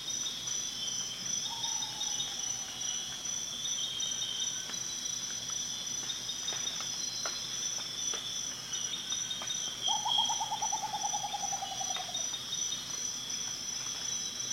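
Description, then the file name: Rufous potoo song: a soft falling whistle followed several seconds later by a stronger, longer descending whistle, with a persistent high insect chorus throughout. "Canto do urutau ferrugem"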